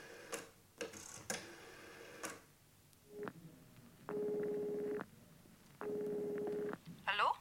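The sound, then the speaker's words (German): A telephone is dialed with a run of sharp mechanical clicks, then two steady buzzing rings with a pause between them, followed by a brief rising squeak at the end. “Verbinden Sie mich mit Newtons Sekretärin, Miss Willett. Hier ist die Nummer.”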